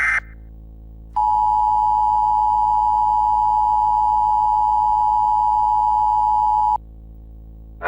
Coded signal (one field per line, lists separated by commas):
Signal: Emergency Alert System (SAME) tones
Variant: 853 and 960 Hz attention tone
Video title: Asteroid Rain - Furiositas Surgeus (Madness Virus) | EAS Scenario | Emergency Alert System | Part 1